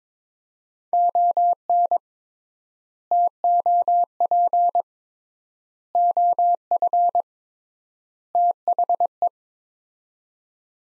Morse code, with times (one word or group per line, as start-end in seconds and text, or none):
0.9-2.0 ON
3.1-4.8 TOP
6.0-7.2 OF
8.3-9.3 THE